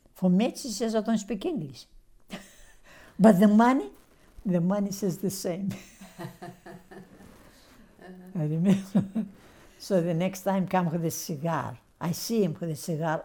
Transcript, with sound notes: a match, she said, I don't speak English. But the money, the money says the same!" [Laughs] I remember. So the next times come with a cigar. I see him with the cigar;